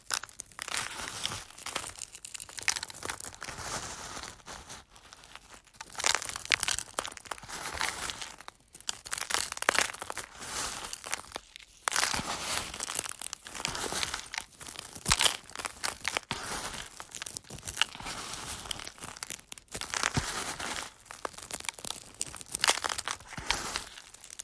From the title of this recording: ASMR Crunching Eggs